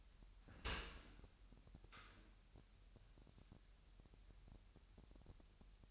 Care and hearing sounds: daily activity, microphone in the room; open dishwasher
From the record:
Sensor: 2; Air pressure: 998.3 hPa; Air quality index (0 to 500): 146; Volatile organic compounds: 4 ppm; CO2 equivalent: 1654 ppm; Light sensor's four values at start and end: 10/31/12/12 and 10/31/12/12

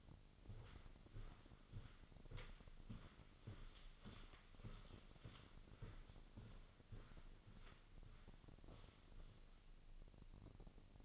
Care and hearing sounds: daily activity, microphone in the room; walk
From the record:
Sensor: 4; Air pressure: 1010.1 hPa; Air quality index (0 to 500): 175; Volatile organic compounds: 2 ppm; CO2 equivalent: 1268 ppm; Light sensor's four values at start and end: 63/156/66/73 and 63/157/66/73

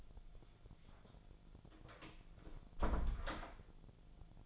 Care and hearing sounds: daily activity, microphone in the room; close door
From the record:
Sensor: 5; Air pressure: 1000.6 hPa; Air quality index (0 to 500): 158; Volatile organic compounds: 2 ppm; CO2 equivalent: 1212 ppm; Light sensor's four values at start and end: 47/110/46/49 and 47/110/46/49

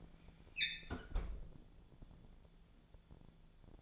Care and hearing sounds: daily activity, microphone in the room; close fridge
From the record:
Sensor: 5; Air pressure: 1000.2 hPa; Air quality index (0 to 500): 100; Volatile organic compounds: 1 ppm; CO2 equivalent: 808 ppm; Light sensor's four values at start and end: 242/572/246/271 and 241/571/245/270

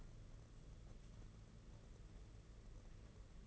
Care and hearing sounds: daily activity, microphone in the room; take from stove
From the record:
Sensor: 4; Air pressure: 992.9 hPa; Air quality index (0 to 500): 177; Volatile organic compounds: 354 ppm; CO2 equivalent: 4591 ppm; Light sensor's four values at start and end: 4/10/4/4 and 4/10/4/4

